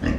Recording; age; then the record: pig call; growing-finishing pig (85 days or more)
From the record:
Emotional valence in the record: negative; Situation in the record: barren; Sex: female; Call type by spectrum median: low-frequency call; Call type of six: low-frequency modulated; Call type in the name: low-frequency modulated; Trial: 3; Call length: 0.19 s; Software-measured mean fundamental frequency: 47 Hz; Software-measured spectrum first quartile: 147 Hz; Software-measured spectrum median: 292 Hz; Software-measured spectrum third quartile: 915 Hz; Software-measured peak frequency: 248 Hz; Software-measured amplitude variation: 158 dB a second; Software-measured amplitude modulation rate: 24.0 a second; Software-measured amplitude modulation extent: 6.6 dB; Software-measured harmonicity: 0.8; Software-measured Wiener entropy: -1.28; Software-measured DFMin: 834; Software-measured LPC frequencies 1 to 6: 1832, 2711, 4289, 5029, 5711, 6412 Hz